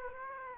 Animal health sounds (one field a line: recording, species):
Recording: mosquito wingbeat signal from an infrared sensor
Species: Aedes aegypti